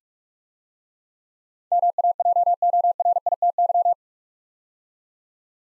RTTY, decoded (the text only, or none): none